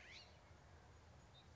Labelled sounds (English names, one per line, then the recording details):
California Scrub-Jay
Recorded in Sonoma County, California